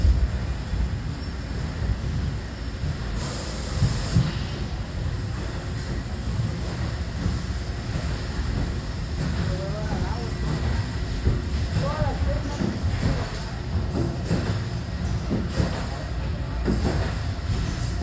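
Machines and equipment run with a steady, dense low rumble that never lets up. A short bright hiss bursts out just after three seconds, and scattered clunks and faint rising beeps turn up later, mostly between twelve and sixteen seconds.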